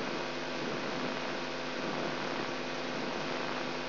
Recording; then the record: brain microelectrode recording played as sound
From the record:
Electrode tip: inside the subthalamic nucleus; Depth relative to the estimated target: 1 mm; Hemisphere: left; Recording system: AlphaMap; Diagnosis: Parkinson's disease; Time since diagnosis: 16 years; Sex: female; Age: 67 years